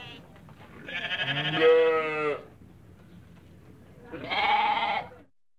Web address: goat baby goat crying animal baa and groaning